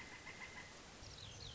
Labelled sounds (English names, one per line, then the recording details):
Pileated Woodpecker
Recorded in Sonoma County, California